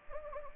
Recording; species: mosquito wingbeat signal from an infrared sensor; Anopheles gambiae